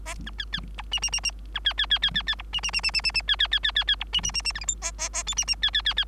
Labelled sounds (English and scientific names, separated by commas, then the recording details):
Bengalese Finch (Lonchura striata domestica) song
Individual Bird3